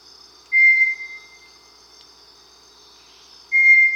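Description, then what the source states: Bartlett's tinamou song, a pure, steady whistled note that slowly fades, followed three seconds later by another clear whistle, over a faint high insect hum. South America.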